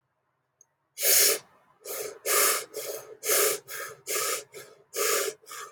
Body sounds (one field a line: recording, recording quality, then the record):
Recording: shallow breathing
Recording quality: excellent, no background noise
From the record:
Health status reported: healthy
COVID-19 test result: negative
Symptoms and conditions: none ticked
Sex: male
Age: 23 years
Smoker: not ticked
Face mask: not worn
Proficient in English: yes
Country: United States